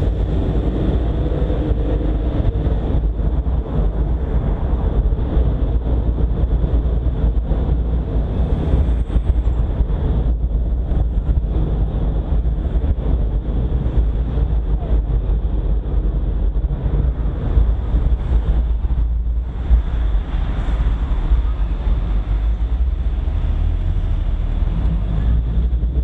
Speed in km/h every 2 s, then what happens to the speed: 35, 32, 32, 33, 33, 33, 31, 26, 24, 26, 19, 9, 9.
0-11 steady at about 33. 11-14 slows to 26. 18-22 brakes to 9.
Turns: none.